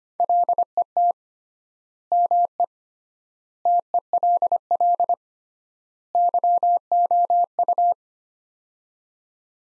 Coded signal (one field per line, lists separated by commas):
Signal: Morse code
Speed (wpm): 25 wpm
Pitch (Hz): 700 Hz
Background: none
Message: LET ME TELL YOU